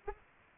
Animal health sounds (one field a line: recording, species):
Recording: mosquito wingbeat signal from an infrared sensor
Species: Aedes albopictus